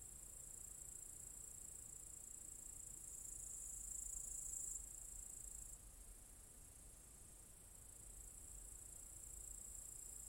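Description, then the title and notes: Cicadas producing a thin, even high hiss, louder in the middle then softer, over a noticeable low background rumble. Cicadas in an apple tree orchard at Zalensų Sodybos, Lithuania, recorded on 23 August 2015. "Cicadas (Zalensų Sodybos, Lithuania, August 23rd, 2015). Cicadas in a apple tree orchard"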